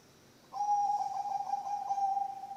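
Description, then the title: Zebra dove song, a sustained, slightly wavering low coo held steady for about two seconds, with no other sounds. Bangkok-type zebra dove (perkutut) song, used as a master recording for training birds and as a lure. "mster Mnuk. SUARA OCEHAN BURUNG PERKUTUT BANGKOK Untuk MASTERAN dan PANCINGAN"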